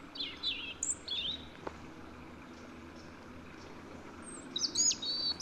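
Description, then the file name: European robin song, short, high twisting phrases at the start and end, with a long quiet stretch and low hum between. "Erithacus rubecula"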